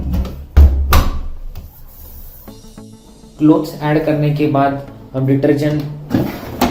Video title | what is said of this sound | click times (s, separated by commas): Bosch Front Loading Washing Machine Demo - washing machine का उपयोग कैसे करें | You should hear the click sound while closing the door. | 0.9 s